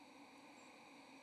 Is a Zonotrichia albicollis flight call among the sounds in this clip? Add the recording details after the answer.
yes. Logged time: 04:39 on 1 November 2014